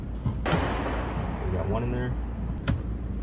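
On a Mercedes C55 AMG (M113, also CLK55 and CLK550) fuel pump replacement, the second of two fuel line quick-connectors from the auxiliary pump is pushed onto the fuel pump assembly while someone talks. It seats with a short, sharp click at 2.7 s.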